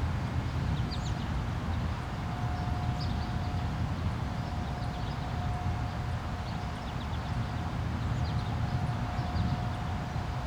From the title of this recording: Light Rain and Birds Chirping